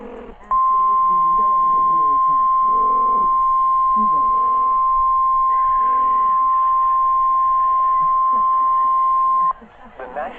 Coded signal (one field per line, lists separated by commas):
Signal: Emergency Alert System (SAME) tones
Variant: 1050 Hz attention tone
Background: speech